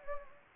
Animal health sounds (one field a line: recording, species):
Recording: mosquito wingbeat signal from an infrared sensor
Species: Anopheles gambiae